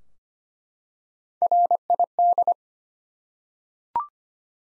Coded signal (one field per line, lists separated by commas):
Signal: Morse code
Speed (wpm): 25 wpm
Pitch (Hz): 700 Hz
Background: none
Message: RID